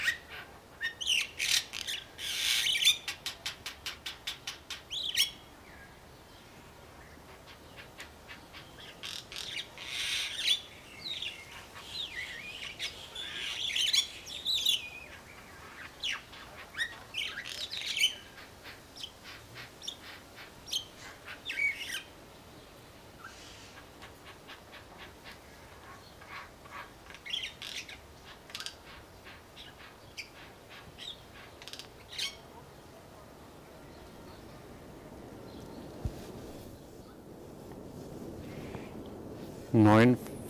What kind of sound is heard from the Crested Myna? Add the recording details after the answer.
song. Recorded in captivity. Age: adult. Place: Zoo Berlin, Berlin, DE. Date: 1997-10-25. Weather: cloudy, 3°C. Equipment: Nagra SN, Kopie Uher 4000 Report Monitor. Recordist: Tembrock, Günter. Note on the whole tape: Gesang, Entfernung 6 m